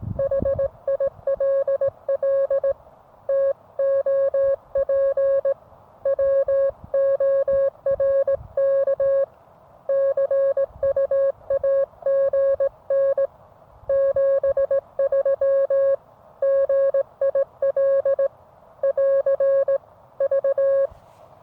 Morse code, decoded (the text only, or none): HILL TOP WORK CUAGN 73 GIL <AR> V